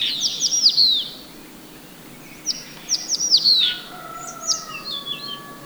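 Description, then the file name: Crested bunting song: a few short bursts of high, downslurred chirping notes. Guangxi, 4 April 2012. "Crested Bunting Song 120404 Guangxi Shanli"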